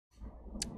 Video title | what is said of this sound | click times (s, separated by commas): triPOS Verifone MX 915 Terminal - Desktop Setup | slide the module into place all the way until the two tabs click into place | 0.6 s